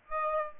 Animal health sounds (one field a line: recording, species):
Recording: mosquito wingbeat signal from an infrared sensor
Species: Aedes aegypti